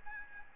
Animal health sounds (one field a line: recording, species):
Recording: mosquito wingbeat signal from an infrared sensor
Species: Aedes albopictus